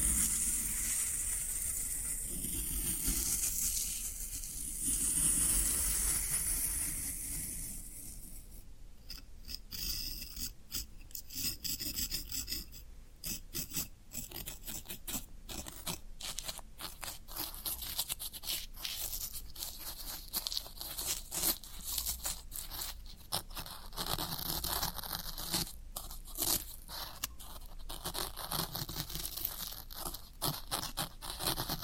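Floral foam being scratched, rubbed and crumbled in steady, dense rasping strokes. The first eight seconds are a smoother rubbing hiss with bright, crisp highs; after that the sound breaks into rapid crackling and tearing bursts that continue to the end.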